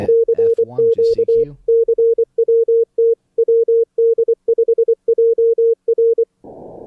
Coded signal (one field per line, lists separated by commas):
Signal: Morse code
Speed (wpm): 24 wpm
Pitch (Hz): 460 Hz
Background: none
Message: CQ CWT WD5JR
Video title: Simulador de concurso Morse Runner 1.68